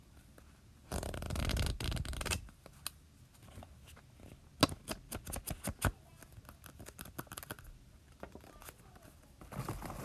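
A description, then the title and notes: Keyboard typing, a quick run of crisp key taps clustered between about four and eight seconds. Before that, a dense rushing scratch from roughly one to two and a half seconds, and a softer rustle returns near the end. Tapping. Scratching. Foam sounds. Keyboard typing. Just not talking.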